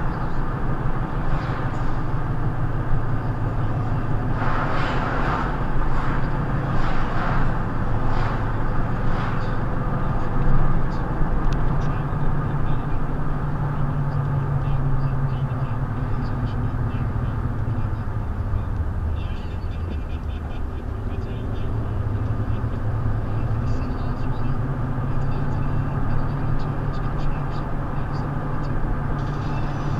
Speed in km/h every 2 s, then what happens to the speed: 53, 52, 56, 58, 61, 55, 48, 44, 39, 29, 31, 42, 47, 50, 52.
3-8 speeds up to 61. 8-18 slows to 29. 18-25 speeds up to 50.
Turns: none.